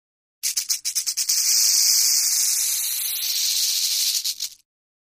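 Rattlesnake rattling: several quick stuttering bursts that merge into a continuous dry, hissing buzz for about three seconds, then break into pulses again before stopping.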